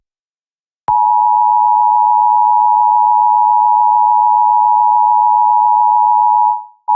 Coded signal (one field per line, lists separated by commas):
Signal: Emergency Alert System (SAME) tones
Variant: 853 and 960 Hz attention tone